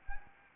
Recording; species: mosquito wingbeat signal from an infrared sensor; Anopheles arabiensis